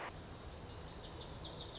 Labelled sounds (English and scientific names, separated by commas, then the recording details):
Lazuli Bunting (Passerina amoena)
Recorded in Sonoma County, California